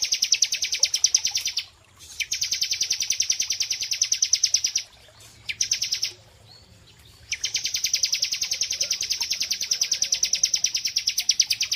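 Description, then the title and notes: Prinia trill: sustained rapid high-pitched pulsing in long bursts broken by two gaps, with a low background hum. Prinia song used as a masteran (tutor) therapy recording. "Masteran Terapi Prenjak. Burung Prenjak"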